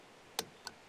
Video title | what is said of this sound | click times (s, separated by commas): 2023 Toyota Tacoma TRD Off Road Review | turn it and you'll hear one click | 0.4 s